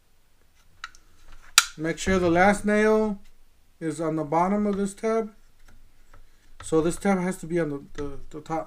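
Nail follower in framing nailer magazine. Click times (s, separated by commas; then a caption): 1.6 s. After a strip of framing nails is loaded into the magazine of a Harbor Freight 21-degree framing nailer (69927), the spring-loaded nail follower is released and locks into place behind the nails with a sharp click at 1.6 s. Someone talks before and after the click.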